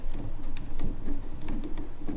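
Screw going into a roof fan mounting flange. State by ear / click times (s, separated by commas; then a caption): not seated / none. A screw going into the mounting flange of a MaxxFan Deluxe 7500K roof fan on a Ford Transit is being handled, backed out counterclockwise so its threads can line up after it would not go in all the way. Soft, patter-like ticks and scrapes come at about 0.6, 0.8, 1.5, 1.8 and 2.2 seconds over a low rumble. Nothing has clicked or seated yet.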